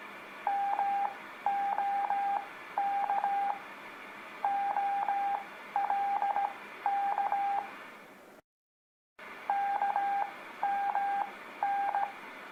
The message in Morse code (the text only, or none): MOK OLK KMN